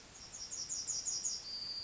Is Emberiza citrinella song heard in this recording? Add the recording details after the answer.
yes. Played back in forest. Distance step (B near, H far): E. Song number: 049